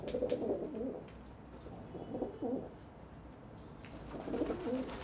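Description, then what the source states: Pigeon cooing in low, wavering phrases, a strong one at the start, a softer pair midway and another near the end, over a quiet hum. Several pigeons on a balcony in Saint-Gilles, Belgium, cooing and fighting with wing beats; recorded with Sony PCM-D100 internal microphones in wide position.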